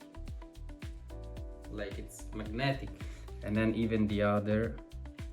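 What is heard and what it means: A second detachable controller is being brought to the other side rail of a handheld console, which attaches magnetically, while someone talks over background music. Light handling taps are heard near the start and again just before the end, but the clip stops before the controller goes home, so nothing has seated or clicked yet.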